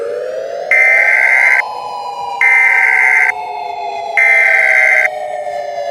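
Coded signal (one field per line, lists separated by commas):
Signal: Emergency Alert System (SAME) tones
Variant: header bursts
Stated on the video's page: Fictional EAS scenario, a made-up alert rather than a real broadcast.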